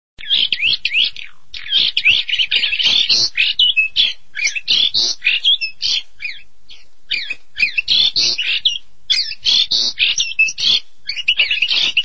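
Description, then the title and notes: Starling song, a dense continuous medley of scratchy chatters, squeaks and rising whistled notes with barely a break. "suara burung jalak"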